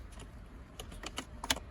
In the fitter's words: It snaps into place, perfecto.